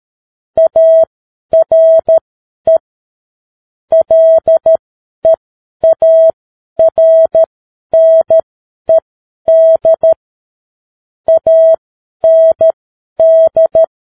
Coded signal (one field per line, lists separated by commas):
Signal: Morse code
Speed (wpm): 13 wpm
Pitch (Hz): 650 Hz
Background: none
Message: ARE LEARNED AND